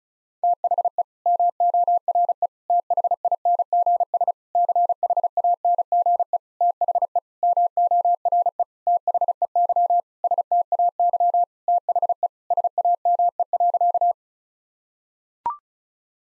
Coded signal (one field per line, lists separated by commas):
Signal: Morse code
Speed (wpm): 34 wpm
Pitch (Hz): 700 Hz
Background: none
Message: THE MORE THINGS CHANGE THE MORE THEY STAY THE SAME.